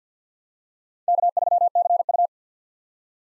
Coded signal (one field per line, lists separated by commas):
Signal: Morse code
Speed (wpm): 50 wpm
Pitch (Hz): 700 Hz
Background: none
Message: K3CU